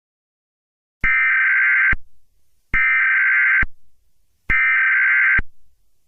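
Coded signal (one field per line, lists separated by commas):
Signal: Emergency Alert System (SAME) tones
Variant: header bursts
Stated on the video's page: Fictional EAS scenario, simulated alert.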